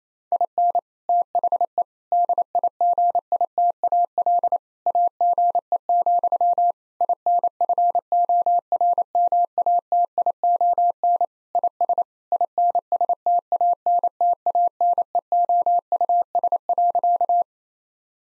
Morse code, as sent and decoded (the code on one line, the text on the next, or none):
.. -. / - .... . / -.. .. --. .. - .- .-.. / .- --. . --..-- / .. -. ..-. --- .-. -- .- - .. --- -. / .. ... / .. -. ... - .- -. - .- -. . --- ..- ... .-.-.-
IN THE DIGITAL AGE, INFORMATION IS INSTANTANEOUS.